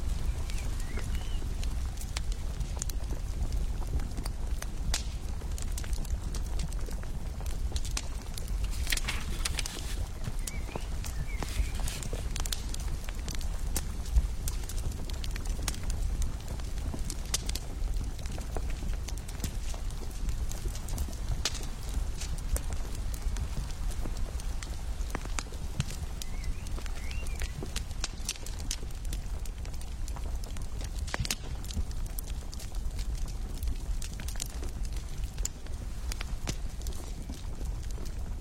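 Firewood crackles with steady, dense pops and sharp snaps scattered throughout, over a constant low rumble that never lets up.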